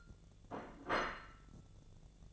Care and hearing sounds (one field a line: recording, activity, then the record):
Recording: daily activity, microphone in the room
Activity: place plate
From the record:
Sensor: 4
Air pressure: 1001.0 hPa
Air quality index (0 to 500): 142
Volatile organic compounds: 2 ppm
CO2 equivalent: 1051 ppm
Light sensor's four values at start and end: 25/59/24/26 and 25/59/24/26